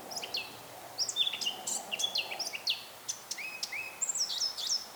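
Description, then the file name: Eurasian blackcap song of rapid, high, varied twittering notes in a continuous jumbled phrase. "Sylvia atricapilla"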